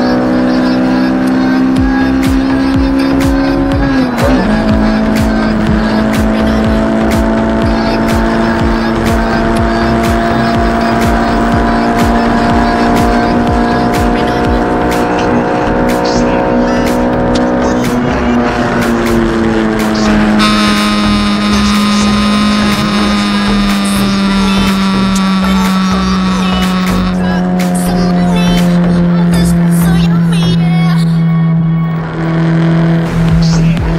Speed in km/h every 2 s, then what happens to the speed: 167, 170, 179, 181, 185, 189, 192, 196, 200, 183, 169, 168, 157, 149, 142, 135, 132.
0-16 speeds up to 200. 16-34 brakes to 132.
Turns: none.